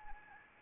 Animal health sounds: mosquito wingbeat signal from an infrared sensor; Anopheles arabiensis

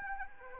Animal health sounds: mosquito wingbeat signal from an infrared sensor; Anopheles arabiensis

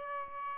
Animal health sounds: mosquito wingbeat signal from an infrared sensor; Aedes albopictus

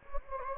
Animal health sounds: mosquito wingbeat signal from an infrared sensor; Anopheles gambiae

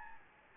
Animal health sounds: mosquito wingbeat signal from an infrared sensor; Anopheles gambiae

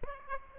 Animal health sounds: mosquito wingbeat signal from an infrared sensor; Aedes aegypti

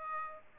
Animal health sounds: mosquito wingbeat signal from an infrared sensor; Aedes aegypti

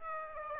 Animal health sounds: mosquito wingbeat signal from an infrared sensor; Aedes aegypti

